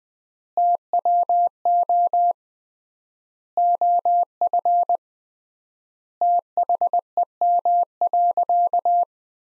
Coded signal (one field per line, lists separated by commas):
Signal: Morse code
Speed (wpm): 21 wpm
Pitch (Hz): 700 Hz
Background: none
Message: TWO OF THEM.